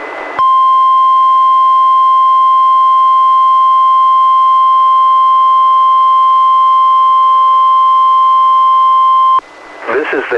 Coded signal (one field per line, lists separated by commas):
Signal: Emergency Alert System (SAME) tones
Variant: 1050 Hz attention tone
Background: speech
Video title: EAS #441-443: 3 NWR Required Weekly Tests- Dec. 2, 2020